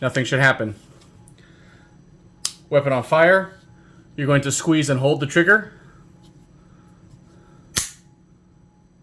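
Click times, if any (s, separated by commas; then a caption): 7.8 s. During a function check of an AR-15 rifle set to fire, someone talks while the trigger is squeezed and held. The hammer in the lower receiver's trigger group drops with a sharp metallic click at 7.8 s, confirming it released.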